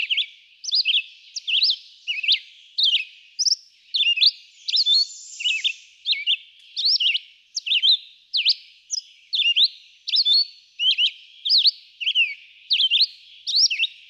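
Red-eyed vireo delivering choppy whistled phrases in an unbroken sequence, roughly one or two per second, each a quick slurred note group, with a brief high hiss midway.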